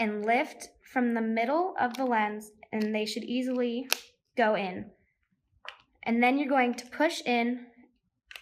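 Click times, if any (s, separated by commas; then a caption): 8.3 s, 8.4 s. Someone talks while a replacement plastic lens, already sitting in the groove of a plastic Oakley Dispatch 2 OO9150 sunglass frame, is pushed in. At the very end two quick, sharp clicks come at 8.3 s and 8.4 s as the lens snaps home and seats in the frame.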